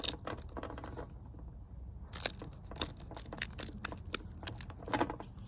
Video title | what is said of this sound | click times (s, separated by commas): 3M™ Dual Lock Velcro VS Screw-On Solar Screens* #vs #benefits #protips #construction #howto #diy | snap it together, and then it locks in place. | 3.9 s, 4.1 s, 4.6 s